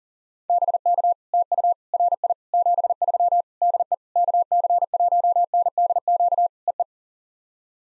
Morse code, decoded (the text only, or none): BK TU RI 73 DE KC1NDQ EE